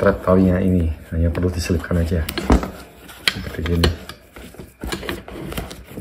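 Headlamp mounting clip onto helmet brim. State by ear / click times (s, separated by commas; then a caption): seated / 5.1 s. A plastic headlamp mounting clip is fitted onto the brim of a helmet or cap and pressed until it locks, while someone talks. Small handling sounds lead up to a short sharp click at 5.1 s, and the clip is locked in place.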